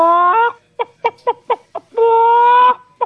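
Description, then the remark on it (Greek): A person imitates a chicken: a long drawn-out squawk, then five short, sharp clucks in a loose rhythm, another long nasal squawk, and a final quick cluck, all loud with no other talking. “Ακού λίγο το να κάνω το κοτόπουλο.”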